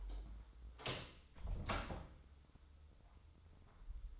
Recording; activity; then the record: daily activity, microphone in the room; close door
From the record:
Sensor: 3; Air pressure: 996.1 hPa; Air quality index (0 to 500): 50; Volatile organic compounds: 2 ppm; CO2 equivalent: 1053 ppm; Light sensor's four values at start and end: 14/33/14/14 and 14/33/14/14